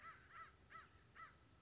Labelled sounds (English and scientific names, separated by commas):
American Crow (Corvus brachyrhynchos)